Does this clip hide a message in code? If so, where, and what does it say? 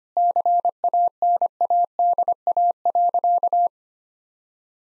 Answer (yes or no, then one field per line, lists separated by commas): yes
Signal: Morse code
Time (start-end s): 0.2-3.7 s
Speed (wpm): 25 wpm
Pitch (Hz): 700 Hz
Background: none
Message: CANADA.